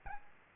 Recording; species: mosquito wingbeat signal from an infrared sensor; Aedes albopictus